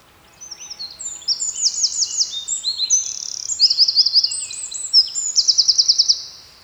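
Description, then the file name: Eurasian wren song: an energetic stream of piercing high notes with a dry trill in the middle and a fast rattle near the close. "Troglodytes troglodytes"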